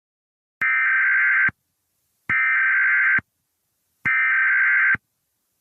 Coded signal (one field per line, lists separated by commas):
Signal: Emergency Alert System (SAME) tones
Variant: header bursts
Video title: EAS Scenario #25 The Demonic Invasion - Computer Demons